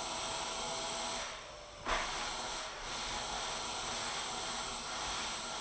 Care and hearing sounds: daily activity, microphone in the room; vacuum cleaning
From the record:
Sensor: 5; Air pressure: 994.5 hPa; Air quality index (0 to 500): 173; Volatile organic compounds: 667 ppm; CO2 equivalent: 5010 ppm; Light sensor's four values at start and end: 9/22/8/9 and 9/21/8/9

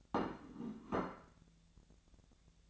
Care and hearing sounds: daily activity, microphone in the room; place plate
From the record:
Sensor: 3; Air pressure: 1000.3 hPa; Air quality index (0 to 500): 141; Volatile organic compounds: 2 ppm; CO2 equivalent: 1251 ppm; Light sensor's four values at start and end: 35/89/38/41 and 35/88/38/41

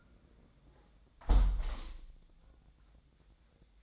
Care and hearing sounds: daily activity, microphone in the room; close window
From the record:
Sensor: 3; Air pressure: 1012.2 hPa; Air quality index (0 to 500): 136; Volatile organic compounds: 2 ppm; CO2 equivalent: 1056 ppm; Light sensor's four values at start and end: 267/653/271/267 and 269/658/273/267

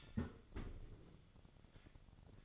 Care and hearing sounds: daily activity, microphone in the room; close fridge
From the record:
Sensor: 4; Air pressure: 1008.6 hPa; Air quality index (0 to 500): 72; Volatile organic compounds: 1 ppm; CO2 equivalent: 626 ppm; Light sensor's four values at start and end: 12/28/11/11 and 13/29/12/12

